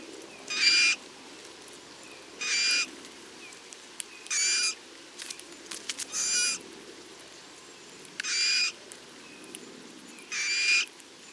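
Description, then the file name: Eurasian Bullfinch calling, six short husky piped notes spaced about two seconds apart, with faint clicks and rustles between them. "Pyrrhula pyrrhula"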